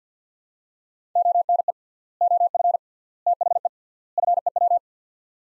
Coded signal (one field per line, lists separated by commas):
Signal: Morse code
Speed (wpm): 50 wpm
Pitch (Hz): 700 Hz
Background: none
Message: ONE OF THE FEW